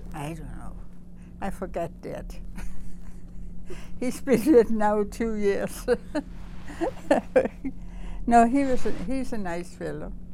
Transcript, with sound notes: I don't know. I forgot that. (she laughs) He's been dead now two years. (she laughs) No, he was a, he was a nice fellow.